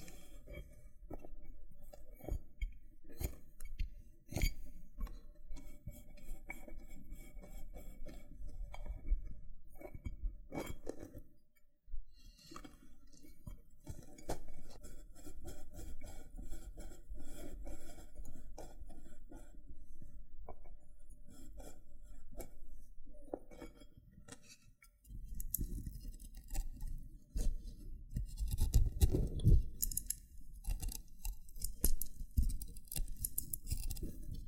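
Loofah triggers: a dense, scratchy rustle of rough fibers being rubbed and peeled, low and grainy, with sharp pops and clicks scattered throughout. The scraping pauses briefly near 11 and 25 seconds, then grows heavier, with a cluster of loud crackles around 29 seconds.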